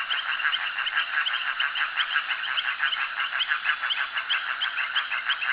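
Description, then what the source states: Many frogs calling together, rapid rattling notes repeated steadily and densely throughout. Frogs calling at a jetty.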